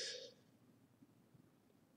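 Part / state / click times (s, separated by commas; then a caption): plastic miniature part into the model body / not seated / none. A plastic miniature part is handled and tilted against the model body to find the right angle before it is pushed home. A brief soft hiss opens the clip, followed by faint, quiet handling rustles. Nothing has seated or clicked yet.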